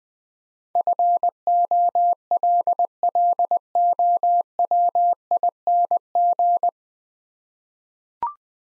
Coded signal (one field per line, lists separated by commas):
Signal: Morse code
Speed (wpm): 20 wpm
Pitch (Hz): 700 Hz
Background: none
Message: FOLLOWING